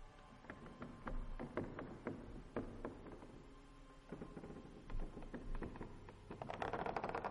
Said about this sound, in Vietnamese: Đúng lúc tiếng cào sột soạt lại vang lên ở sau nhà, nơi có cái giếng.